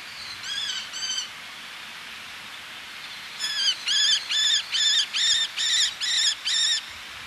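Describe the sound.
Eleonora's falcon calls: two short nasal notes, a pause, then a run of eight harsh, evenly spaced notes about two per second, each with stacked bright harmonics.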